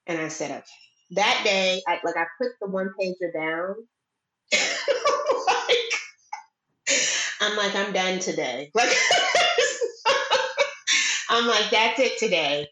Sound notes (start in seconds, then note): 4.5 laughs; 8.7 laughs